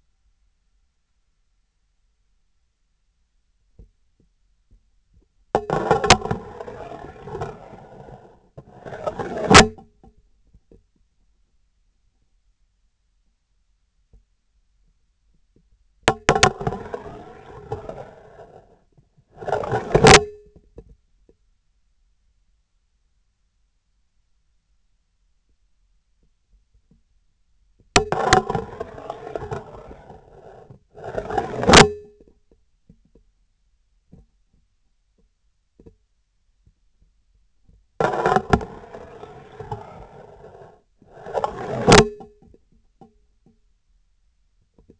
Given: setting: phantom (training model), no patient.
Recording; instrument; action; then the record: laparoscopic instrument, vibration sensor on the handle end; scissors; insertion and removal through the trocar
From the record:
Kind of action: spatial motion